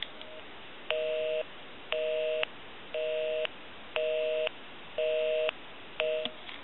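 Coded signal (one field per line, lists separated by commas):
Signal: telephone call progress tone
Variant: North America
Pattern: busy tone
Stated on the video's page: Heard on a French PTT telephone, repaired and converted, during initial checkout.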